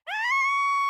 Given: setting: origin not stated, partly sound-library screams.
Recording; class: one-second piece from a danger detection set; woman in danger